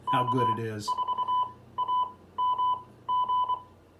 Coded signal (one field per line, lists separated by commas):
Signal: Morse code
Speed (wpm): 23 wpm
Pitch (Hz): 1000 Hz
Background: speech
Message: K4AMG